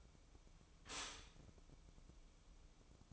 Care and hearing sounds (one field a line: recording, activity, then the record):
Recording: daily activity, microphone in the room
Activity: stop toaster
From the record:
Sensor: 1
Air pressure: 1007.1 hPa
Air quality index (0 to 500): 73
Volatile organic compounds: 1 ppm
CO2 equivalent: 653 ppm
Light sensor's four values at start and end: 8/18/7/8 and 8/18/7/8